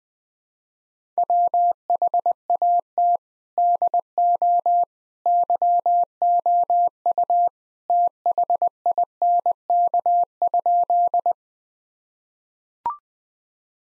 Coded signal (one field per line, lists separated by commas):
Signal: Morse code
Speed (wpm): 21 wpm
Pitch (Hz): 700 Hz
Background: none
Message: WHAT DO YOU THINK?